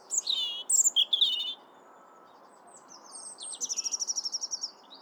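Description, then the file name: European robin singing a varied, tinkling high phrase, a pause, then a rapid even trill of about a dozen repeated sharp notes, over quiet low background noise. "Erithacus rubecula"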